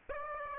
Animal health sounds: mosquito wingbeat signal from an infrared sensor; Aedes aegypti

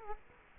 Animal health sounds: mosquito wingbeat signal from an infrared sensor; Culex quinquefasciatus

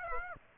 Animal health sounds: mosquito wingbeat signal from an infrared sensor; Aedes aegypti

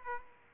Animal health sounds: mosquito wingbeat signal from an infrared sensor; Aedes aegypti

